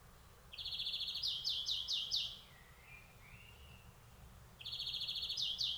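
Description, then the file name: European greenfinch giving rapid twittering trills, with soft lower slurred notes in the gap before another trill begins. "Chloris chloris"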